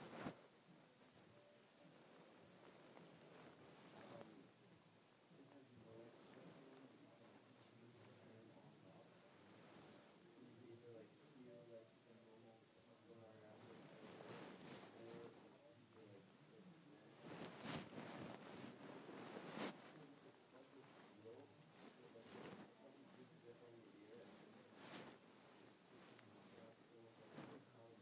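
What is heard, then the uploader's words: Fingers scratch at a head of hair in a steady, dense rustle with irregular sharper bursts every second or two. The scratching grows rougher and louder around the middle, peaking in a cluster of harsh strokes near seventeen to twenty seconds, then eases back. ASMR Scratching my Head.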